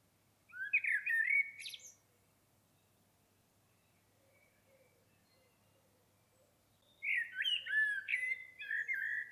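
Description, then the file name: Common blackbird delivering two fluted, warbling phrases with squeaky high notes, separated by about five seconds of near silence. "Turdus merula"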